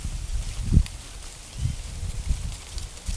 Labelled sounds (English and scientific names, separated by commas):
none